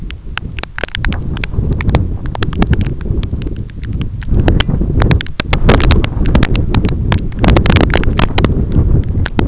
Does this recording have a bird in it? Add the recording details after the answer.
no. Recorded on Arctic tundra, site EABA-1, on 25 June 2018. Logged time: 06:00